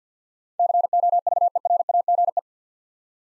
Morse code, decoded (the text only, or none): COVERAGE